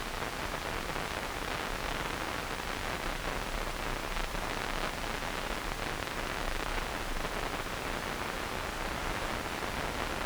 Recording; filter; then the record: brain microelectrode recording played as sound; wide band, above 20 Hz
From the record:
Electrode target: subthalamic nucleus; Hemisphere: right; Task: reaching with the left hand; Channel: 2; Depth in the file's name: 1.506 mm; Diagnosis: Parkinson's disease